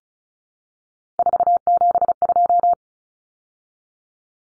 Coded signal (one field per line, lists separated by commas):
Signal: Morse code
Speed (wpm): 34 wpm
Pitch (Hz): 700 Hz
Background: none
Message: 472